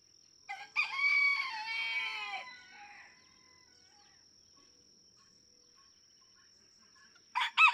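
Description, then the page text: Red junglefowl (chicken): red junglefowl rooster crow, a long wavering cock-a-doodle-doo of about two seconds that fades out, then quiet before another crow begins at the very end. Several domestic roosters (chickens) in a barnyard just outside Mammoth Cave National Park, Kentucky, USA, June 2, 2010; each rooster crows differently, illustrating individual song differences. "Birdsong for the Curious Naturalist. Red junglefowl (chicken) No two roosters crow alike in this Kentucky barnyard. June 2, 2010. Just outside Mammoth Cave National Park, Kentucky"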